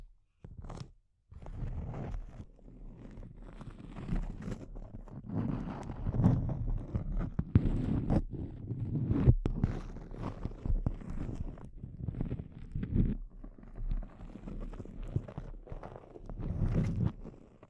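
Intense close-up crinkles in dense, irregular bursts that rustle on almost continuously after a brief silent start, with occasional sharp bright crackles.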